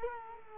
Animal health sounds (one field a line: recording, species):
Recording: mosquito wingbeat signal from an infrared sensor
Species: Culex quinquefasciatus